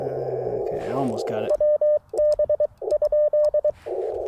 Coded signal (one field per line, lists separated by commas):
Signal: Morse code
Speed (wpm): 23 wpm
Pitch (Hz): 600 Hz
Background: speech, radio noise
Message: WB?